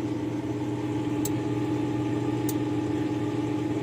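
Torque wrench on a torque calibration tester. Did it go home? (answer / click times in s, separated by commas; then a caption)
yes / 1.2 s. A torque wrench being checked on a GQF torque calibration tester clicks at its set value at 1.3 s, a short sharp hit over a steady low hum. A second, quieter sharp hit follows at 2.5 s.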